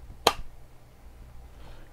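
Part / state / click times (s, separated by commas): lens panel locking open on a folding camera body / seated / 0.3 s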